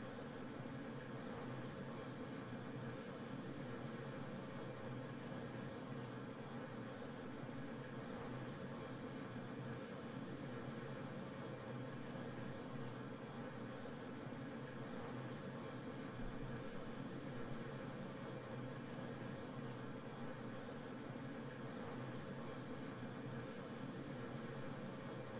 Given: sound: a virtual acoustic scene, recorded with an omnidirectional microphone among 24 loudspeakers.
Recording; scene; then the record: noise of the scene; olnoise from 90 degrees (S0N90)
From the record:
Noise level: 65 dB SPL